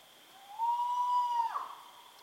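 Spot-bellied eagle-owl with one sustained, clear wailing note, faintly rising at the start and ending in an abrupt hoarse falling break.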